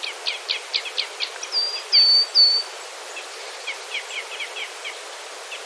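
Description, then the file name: Red crossbill calls: rapid series of short, high chipping notes, interrupted by three longer, clear whistled notes, then more scattered chips. "isuka"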